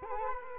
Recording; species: mosquito wingbeat signal from an infrared sensor; Culex quinquefasciatus